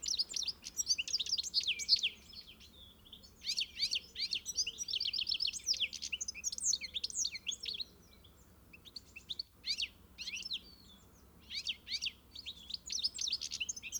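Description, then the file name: European goldfinch delivering bright tinkling twitters in repeated bursts separated by short pauses, faint low background hiss beneath. "Carduelis carduelis"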